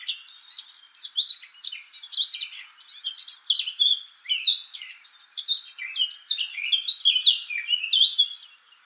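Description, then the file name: Eurasian blackcap delivering continuous rich warbling, quick notes tumbling up and down with scratchy and whistled elements throughout. "Sylvia atricapilla"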